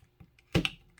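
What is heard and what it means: A plug-in band-pass filter and relay board is pulled out of a radio transceiver's main board, one side and then the other. Two loud, sharp snaps at 0.6 s and 0.7 s mark each side coming free, and the board is released, followed by a faint tap near the end.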